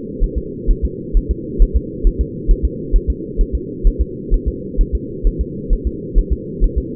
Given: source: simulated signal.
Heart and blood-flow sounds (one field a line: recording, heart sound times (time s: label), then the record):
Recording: fetal heart sounds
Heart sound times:
0.23 s: S1
0.38 s: S2
0.71 s: S1
0.85 s: S2
1.17 s: S1
1.31 s: S2
1.62 s: S1
1.76 s: S2
2.07 s: S1
2.21 s: S2
2.51 s: S1
2.65 s: S2
2.96 s: S1
3.10 s: S2
3.41 s: S1
3.55 s: S2
3.87 s: S1
4.01 s: S2
4.34 s: S1
4.48 s: S2
4.81 s: S1
4.95 s: S2
5.27 s: S1
5.41 s: S2
5.73 s: S1
5.87 s: S2
6.18 s: S1
6.32 s: S2
6.64 s: S1
6.78 s: S2
From the record:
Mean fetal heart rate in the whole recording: 130 bpm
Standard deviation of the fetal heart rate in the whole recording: 4 bpm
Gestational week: 38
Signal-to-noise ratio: -4.1 dB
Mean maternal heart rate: no maternal heart sound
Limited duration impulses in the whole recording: absent